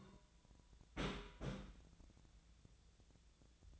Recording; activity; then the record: daily activity, microphone in the room; place on stove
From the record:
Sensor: 3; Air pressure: 1009.9 hPa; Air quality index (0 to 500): 187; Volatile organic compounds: 14 ppm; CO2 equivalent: 2442 ppm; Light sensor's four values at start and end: 42/104/45/48 and 42/104/45/48